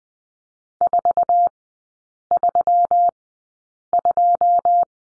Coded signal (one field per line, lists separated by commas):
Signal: Morse code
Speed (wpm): 20 wpm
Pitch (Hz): 700 Hz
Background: none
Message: 432